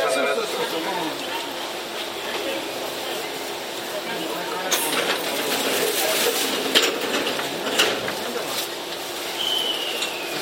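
Inside a Tokyu 7700 series train running between Kamata and Gotanda, a steady murmur of voices fills the clip over a continuous running rumble. Around five seconds in the noise swells with brief clattering bursts, and near the end a short rising whine is heard.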